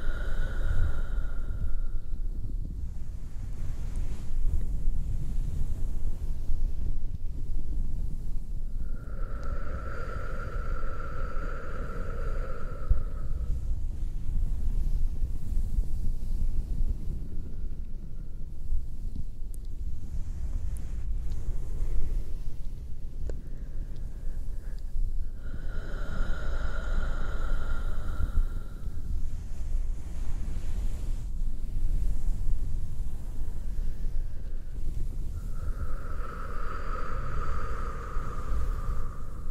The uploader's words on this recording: ASMR intense bassy towel sounds and scratching w breathing shushing - no talking.